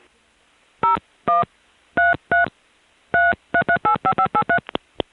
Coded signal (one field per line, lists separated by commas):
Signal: DTMF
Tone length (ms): 100 ms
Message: 01 33 33385583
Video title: The Sounds of Long Distance pgm 15:4M & XBT Audible Dialpulsing; France; Forced Reroutes, 1974-82